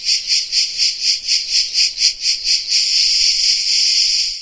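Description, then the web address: Tettigia cicada song, a high buzz pulsed rapidly for nearly three seconds, then merging into a steady continuous buzz. Recorded in the Peloponnese in the morning. "Peloponnes Tettigia Cicada morning"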